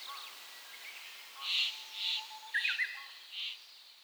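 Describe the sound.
Bird calling: four short, bright notes spaced under a second apart, with fainter notes between, over faint background hiss.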